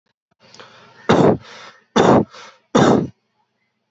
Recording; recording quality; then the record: heavy voluntary cough; moderate, slight background noise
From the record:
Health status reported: healthy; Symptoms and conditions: none ticked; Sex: male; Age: 29 years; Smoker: not ticked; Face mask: worn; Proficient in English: yes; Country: India